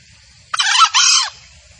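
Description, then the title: Junglefowl crow: one harsh two-part call, a raspy first syllable running almost straight into a scratchy second, against a quiet background. Male junglefowl call used as a master lure recording for trapping in the forest. "Pancingan Suara Ayam Hutan Betina. Suara ayam hutan jantan buat masteran pikat di hutan"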